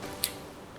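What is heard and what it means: A quick-disconnect fuel line fitting is pushed onto its metal fuel pipe until the internal spring clip clicks and locks. A single sharp, bright click sounds at 0.2 seconds over a low, steady background. The fitting is seated and locked.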